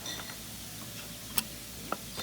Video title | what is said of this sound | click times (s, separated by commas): 🌎 Bosch Dishwasher Doesn’t Heat - 20 Cent Solution - Easy Fix ✨ | these in until we hear it click two | 1.4 s, 1.9 s